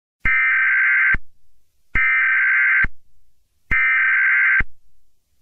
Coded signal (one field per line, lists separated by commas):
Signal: Emergency Alert System (SAME) tones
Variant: header bursts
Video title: EAS Scenario #5: Long valley verneshot event